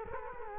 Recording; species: mosquito wingbeat signal from an infrared sensor; Culex quinquefasciatus